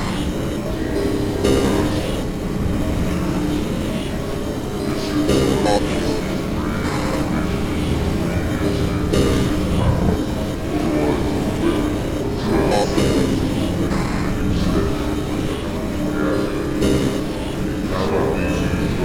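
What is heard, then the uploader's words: A theatre foyer in Changchun, filled with a dense, steady murmur of many voices blending into a continuous low rumble. Brighter clatters and knocks surface every few seconds above the crowd's hum, with no pauses throughout. Theatre Foyer, Changchun.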